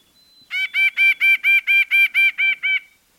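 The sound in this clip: Nuthatch calling: about ten nasal, honking notes at a steady pitch after a faint thin whistle; otherwise quiet.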